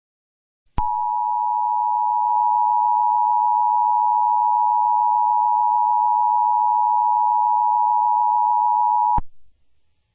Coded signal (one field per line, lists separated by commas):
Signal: Emergency Alert System (SAME) tones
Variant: 853 and 960 Hz attention tone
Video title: EAS Scenario Special Littteral Nightmare